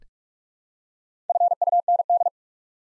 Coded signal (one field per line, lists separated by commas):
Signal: Morse code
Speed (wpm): 44 wpm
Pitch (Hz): 700 Hz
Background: none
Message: FUND